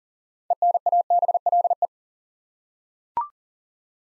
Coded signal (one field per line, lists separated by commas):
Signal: Morse code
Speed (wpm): 39 wpm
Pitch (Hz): 700 Hz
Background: none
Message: ENABLE